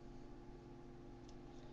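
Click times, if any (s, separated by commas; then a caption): none. A section of a plastic Reveal the Shield Deluxe Jazz transforming action figure is pulled down toward its locked position, revealing the head, over a steady low hum and hiss with only a faint, brief tick near 1.3 s. Nothing has clicked into place yet; the part stays really loose.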